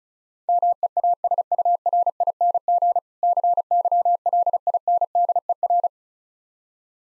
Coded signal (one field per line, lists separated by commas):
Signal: Morse code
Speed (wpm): 35 wpm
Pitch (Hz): 700 Hz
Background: none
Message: MEASURING CYLINDER